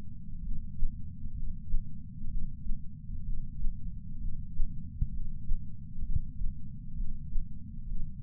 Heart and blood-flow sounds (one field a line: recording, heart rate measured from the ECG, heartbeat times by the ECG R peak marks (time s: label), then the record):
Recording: heart sounds by patch sensor on the chest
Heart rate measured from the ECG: 65 bpm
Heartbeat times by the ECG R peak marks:
0.41 s: heartbeat
1.32 s: heartbeat
2.27 s: heartbeat
3.22 s: heartbeat
4.18 s: heartbeat
5.09 s: heartbeat
6.01 s: heartbeat
6.93 s: heartbeat
7.85 s: heartbeat
From the record:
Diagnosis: coronary artery disease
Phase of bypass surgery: preoperative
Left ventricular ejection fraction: 53.1%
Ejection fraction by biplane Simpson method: 48.3%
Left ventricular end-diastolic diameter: 61 mm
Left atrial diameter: 40 mm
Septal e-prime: 7 cm/s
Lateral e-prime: 11.9 cm/s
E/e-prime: 9.8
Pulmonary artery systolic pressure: 34 mmHg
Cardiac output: 5.1 L/min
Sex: female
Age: 60 years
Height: 158 cm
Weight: 54 kg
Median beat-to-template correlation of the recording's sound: 0.90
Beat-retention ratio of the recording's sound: 1.00